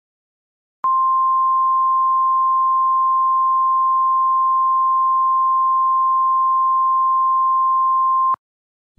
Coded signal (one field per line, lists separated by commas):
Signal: Emergency Alert System (SAME) tones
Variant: 1050 Hz attention tone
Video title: EAS scenario: Yellowstone eruption (parts 1&2)